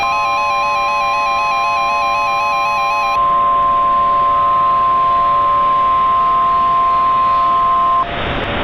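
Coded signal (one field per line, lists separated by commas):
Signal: Emergency Alert System (SAME) tones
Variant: 1050 Hz attention tone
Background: music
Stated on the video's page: Fictional EAS scenario with fake alerts made to look realistic.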